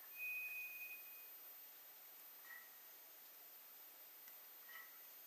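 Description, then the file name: White's thrush drawn-out whistle, level and thin, lasting about a second, followed by two faint, short, slightly lower notes, amid steady background hiss. Recorded 2 July 2007. "toratugumi-20070702"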